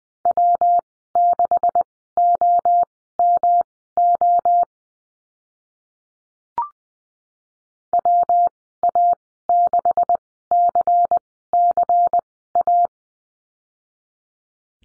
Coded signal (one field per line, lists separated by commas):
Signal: Morse code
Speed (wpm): 20 wpm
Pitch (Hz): 700 Hz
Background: none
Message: W6OMO WA6CCA